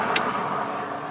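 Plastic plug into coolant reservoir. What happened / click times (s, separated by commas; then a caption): The plastic plug clicked into place / 0.2 s. A saved plastic plug from an old coolant reservoir is pushed into a new Ford/Mazda coolant reservoir, giving a single sharp click at 0.2 s over a steady background hiss. The plug clicks and snaps into place, seated.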